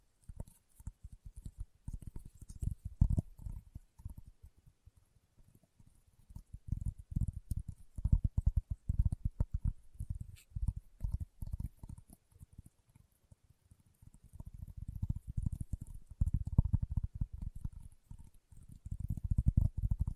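Leather being tapped and scratched in dense, irregular bursts of soft, low thuds and rustling scrapes. The activity comes in clusters around 2–4, 7–10 and 15–20 seconds, with quieter gaps between, and a faint thin hiss sits high above throughout.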